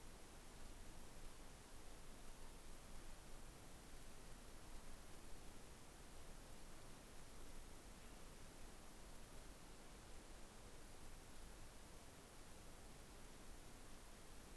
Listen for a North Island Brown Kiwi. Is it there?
no